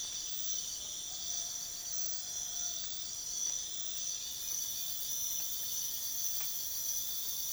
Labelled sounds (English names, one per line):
none